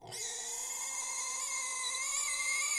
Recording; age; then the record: pig call; weaner (32 to 43 days)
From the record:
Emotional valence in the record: negative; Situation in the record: restrain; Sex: male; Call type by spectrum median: high-frequency call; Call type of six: high-frequency stable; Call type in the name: high-frequency stable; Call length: 2.8 s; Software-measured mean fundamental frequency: 205 Hz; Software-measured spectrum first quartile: 2482 Hz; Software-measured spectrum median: 5559 Hz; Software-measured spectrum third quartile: 7386 Hz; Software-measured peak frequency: 2125 Hz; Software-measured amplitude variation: 87 dB a second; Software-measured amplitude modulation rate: 27.5 a second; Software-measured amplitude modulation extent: 3.1 dB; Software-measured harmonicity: 3.8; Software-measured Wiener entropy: -2.29